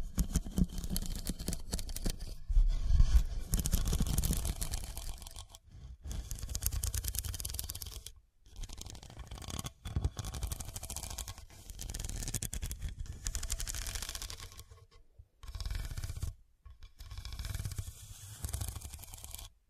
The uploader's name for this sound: Pure Scratching